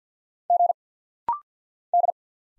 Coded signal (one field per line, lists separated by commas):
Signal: Morse code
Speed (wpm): 50 wpm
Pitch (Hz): 700 Hz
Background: none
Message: G D